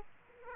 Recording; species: mosquito wingbeat signal from an infrared sensor; Aedes aegypti